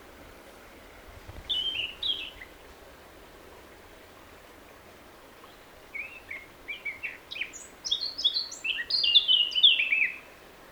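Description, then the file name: Eurasian blackcap singing: a short scratchy phrase, a pause, then a rapid warble of high chirps that grows louder. "Sylvia atricapilla"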